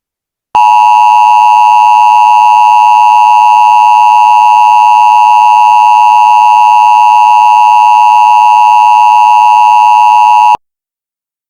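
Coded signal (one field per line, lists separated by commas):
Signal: Emergency Alert System (SAME) tones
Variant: 853 and 960 Hz attention tone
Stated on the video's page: Fictional EAS scenario.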